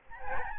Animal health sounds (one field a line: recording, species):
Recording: mosquito wingbeat signal from an infrared sensor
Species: Aedes albopictus